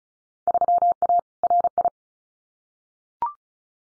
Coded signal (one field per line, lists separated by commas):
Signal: Morse code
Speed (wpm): 36 wpm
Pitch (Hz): 700 Hz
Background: none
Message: 3A RI